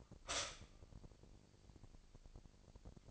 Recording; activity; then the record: daily activity, microphone in the room; stop toaster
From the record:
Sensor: 5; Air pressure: 1007.3 hPa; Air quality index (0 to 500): 124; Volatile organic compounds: 1 ppm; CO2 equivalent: 946 ppm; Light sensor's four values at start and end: 27/62/26/27 and 27/62/26/27